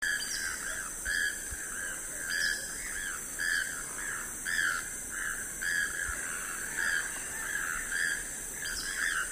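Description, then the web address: Choco toucan calls: hoarse, croaking notes repeated about once a second in a steady series, with a constant high insect hiss behind. "sound choco-toucan. صدای-پرنده-توکان-چوکو"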